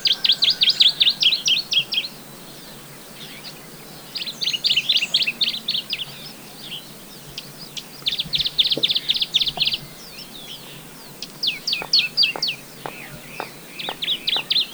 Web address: Dusky Warbler Song 120415 Guangxi. pouillot brun phylloscopus fuscatus